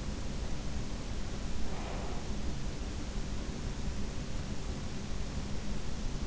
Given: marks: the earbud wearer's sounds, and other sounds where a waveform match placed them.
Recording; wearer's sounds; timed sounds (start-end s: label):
sounds in sleep by an in-ear microphone; breath
1.57-2.65 s: breath